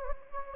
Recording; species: mosquito wingbeat signal from an infrared sensor; Anopheles gambiae